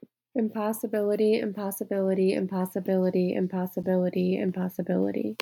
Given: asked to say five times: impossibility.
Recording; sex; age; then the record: repeated word; female; 20 to 29 years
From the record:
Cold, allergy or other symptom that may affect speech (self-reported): no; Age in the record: 28 years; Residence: Florida, United States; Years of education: 17